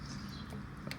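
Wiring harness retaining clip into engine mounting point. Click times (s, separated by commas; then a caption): 0.9 s. A plastic retaining clip on an engine wiring harness is pushed into its mounting hole on the engine, under a bolt. After a steady low rumble, a sharp click is heard at 0.9 s as the clip snaps into place. The clip is seated and holds the harness secure.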